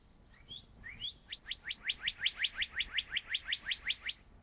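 Northern cardinal song: a few soft slurred notes, then a fast run of about fifteen sharp whistles, steady and even, over a quiet background.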